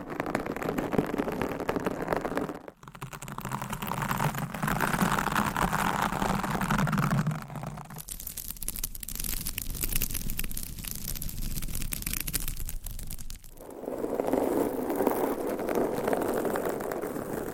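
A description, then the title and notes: Continuous scratching of nails over microphone covers, shifting in texture every few seconds. A dense, rough rubbing with a low hum gives way near 8 seconds to a crisp, rapid brighter scratching, then returns to a fuller, warmer rasp after 13 seconds. ASMR Mic Scratching Brain Scratching with 30 DIFFERENT MICS Covers & Nails No Talking.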